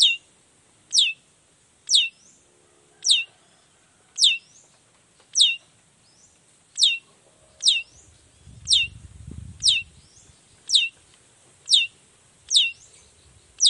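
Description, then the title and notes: Long-tailed shrike giving a steady series of high, steeply descending notes, roughly one per second, over a quiet background with a short low rumble midway. Vocal shrike recorded in the morning, giving a varied 'toet toet' sound, presented as a call that makes other shrikes immediately respond. "Cendet Gacor Dor Di Kala Pagi Toet Toet Variasi Suara. Cendet Gacor Pagi Hari Biangnya Bikin Cendet Manapun Langsung On Nyaut. Burung cendet"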